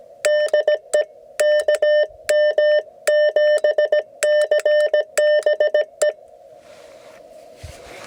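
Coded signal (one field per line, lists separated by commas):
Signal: Morse code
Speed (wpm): 17 wpm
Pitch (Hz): 600 Hz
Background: none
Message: DE KM7CBE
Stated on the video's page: CW POTA activation on 40 meters from Coronado National Forest, using an IC-705 and an 80-meter end-fed half-wave, by a newer CW operator.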